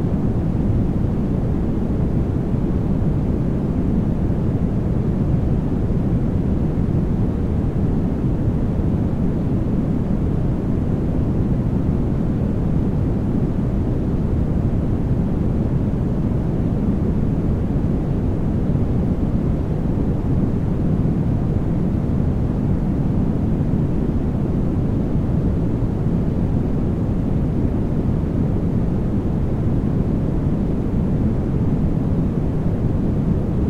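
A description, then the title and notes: A continuous wash of white noise, weighted heavily toward the low end so it sounds more like a deep, soft roar than a bright hiss. It holds an even level for the whole half minute, with no breaks, events or other sounds. White noise.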